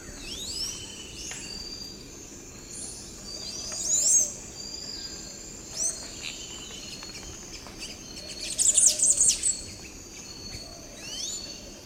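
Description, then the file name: Tanager song: scattered thin whistled notes, then a short burst of rapid high chatter, set against a continuous high-pitched insect drone. "canto da pipira verde"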